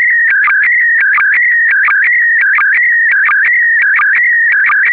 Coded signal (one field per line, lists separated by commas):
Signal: SSTV (slow-scan television)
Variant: PD 90